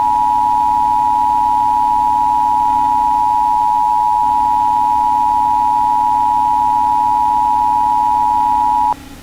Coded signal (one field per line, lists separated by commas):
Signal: Emergency Alert System (SAME) tones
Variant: 853 and 960 Hz attention tone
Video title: EAS - SCP 001 When Day Breaks